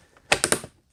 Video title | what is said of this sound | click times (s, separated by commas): Installing Boost Auto Mirror Lights - GM Towing Mirrors | put your hand like this over the center and push in and you hear it uh going to snap in place you can kind of | 0.3 s, 0.4 s, 0.5 s